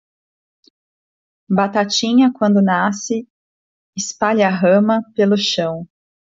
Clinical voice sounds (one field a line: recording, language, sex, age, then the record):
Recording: short text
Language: Brazilian Portuguese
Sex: female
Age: 40 to 49 years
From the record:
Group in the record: control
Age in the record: 44 years